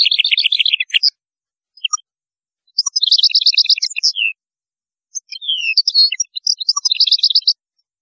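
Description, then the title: European goldfinch song in three runs of fast liquid twitters and rapid trills, separated by short gaps with scattered single chirps. "Chant Chardonneret"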